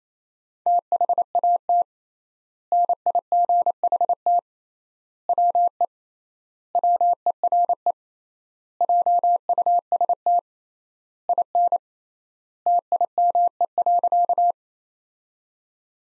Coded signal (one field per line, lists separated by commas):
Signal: Morse code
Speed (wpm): 28 wpm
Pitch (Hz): 700 Hz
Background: none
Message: THAT NIGHT WE WERE JUST IN TIME.